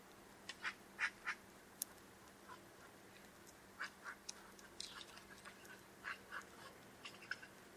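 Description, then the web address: Bird calls: short, sharp chip notes, often in quick pairs, repeated irregularly throughout over a low steady hum. "Deverinetal 2025. Bird Only"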